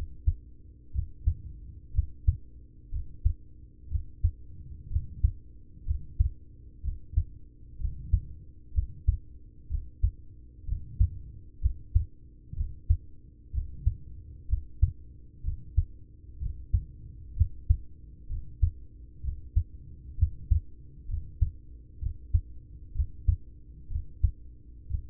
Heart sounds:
heart sounds by stethoscope; 63 bpm
0.91 s: heartbeat
1.91 s: heartbeat
2.89 s: heartbeat
3.87 s: heartbeat
4.87 s: heartbeat
5.83 s: heartbeat
6.80 s: heartbeat
7.76 s: heartbeat
8.71 s: heartbeat
9.67 s: heartbeat
10.64 s: heartbeat
11.58 s: heartbeat
12.53 s: heartbeat
13.50 s: heartbeat
14.45 s: heartbeat
15.41 s: heartbeat
16.38 s: heartbeat
17.33 s: heartbeat
18.26 s: heartbeat
19.20 s: heartbeat
20.15 s: heartbeat
21.05 s: heartbeat
21.98 s: heartbeat
22.92 s: heartbeat
23.87 s: heartbeat
24.87 s: heartbeat
From the record:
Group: heart failure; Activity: rest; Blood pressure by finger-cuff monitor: 88/48 mmHg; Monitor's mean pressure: 62 mmHg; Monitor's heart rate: 62 bpm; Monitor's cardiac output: 5.7 L/min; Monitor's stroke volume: 91 mL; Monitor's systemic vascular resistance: 760 dyn s/cm5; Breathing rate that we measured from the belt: 20 breaths a minute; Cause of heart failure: ischemic heart disease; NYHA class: 1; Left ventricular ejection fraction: 33%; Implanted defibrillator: present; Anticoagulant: apixaban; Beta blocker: carvedilol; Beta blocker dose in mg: 18.75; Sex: male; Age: 39 years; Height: 168 cm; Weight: 72 kg

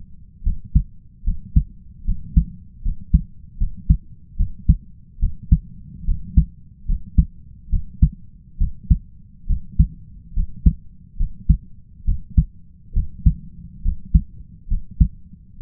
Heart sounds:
heart sounds by stethoscope; 71 bpm
0.43 s: heartbeat
1.24 s: heartbeat
2.05 s: heartbeat
2.82 s: heartbeat
3.57 s: heartbeat
4.36 s: heartbeat
5.19 s: heartbeat
6.05 s: heartbeat
6.85 s: heartbeat
7.69 s: heartbeat
8.58 s: heartbeat
9.47 s: heartbeat
10.33 s: heartbeat
11.17 s: heartbeat
12.05 s: heartbeat
12.93 s: heartbeat
13.82 s: heartbeat
14.68 s: heartbeat
15.59 s: heartbeat
From the record:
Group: healthy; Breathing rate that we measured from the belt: 16 breaths a minute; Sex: male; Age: 20 years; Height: 167 cm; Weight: 61 kg

